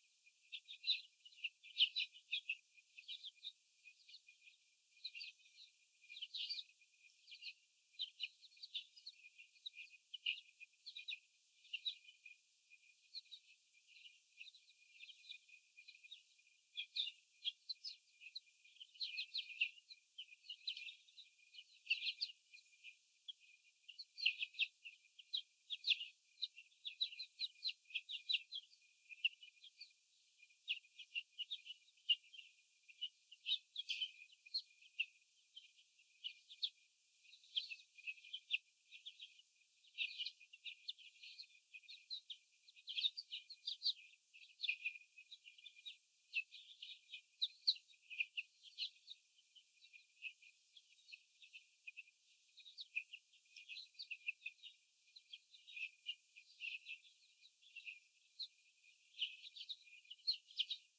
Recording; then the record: young laying hens in a cage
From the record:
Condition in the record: after the stressor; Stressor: sudden umbrella opening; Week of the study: 3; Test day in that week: 2